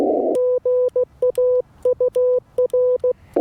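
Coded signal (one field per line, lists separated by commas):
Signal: Morse code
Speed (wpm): 16 wpm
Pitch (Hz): 500 Hz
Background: none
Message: GA UR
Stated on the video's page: Morse sent with US Morse Paddles on a Yaesu FT-891 at 25 watts into a 17-ft whip on a mag-mount, during a POTA-style activation from a hotel.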